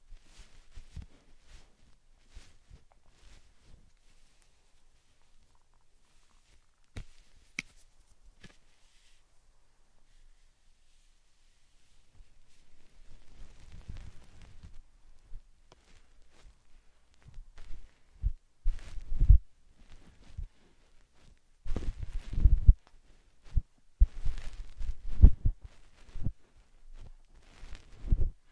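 Slime and sand being handled, with soft scattered squishes and clicks that start sparse and quiet, with near silence around the 10-second mark. After about 15 seconds the sounds grow denser and louder, with bursts of wet squelching and crackly pops clustered near 19, 22 and 25 seconds.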